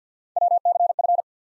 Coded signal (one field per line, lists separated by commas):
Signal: Morse code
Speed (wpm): 50 wpm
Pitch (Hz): 700 Hz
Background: none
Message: WCF